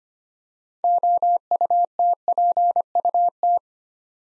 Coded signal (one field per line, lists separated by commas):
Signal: Morse code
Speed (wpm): 25 wpm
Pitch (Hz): 700 Hz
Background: none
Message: OUTPUT